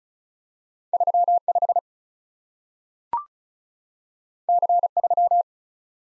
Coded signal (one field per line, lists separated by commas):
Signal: Morse code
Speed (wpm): 36 wpm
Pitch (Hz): 700 Hz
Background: none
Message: 35 C3